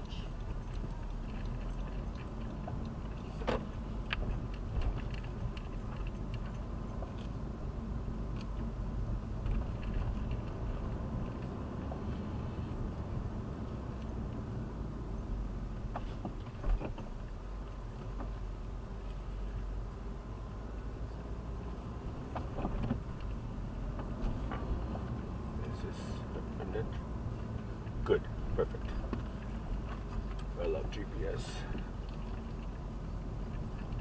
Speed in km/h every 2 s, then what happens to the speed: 16, 21, 18, 21, 19, 24, 26, 18, 9, 11, 13, 17, 27, 22, 20, 17, 18.
0-11 speeds up to 26. 11-16 slows to 9. 19-24 speeds up to 27. 24-34 slows to 18.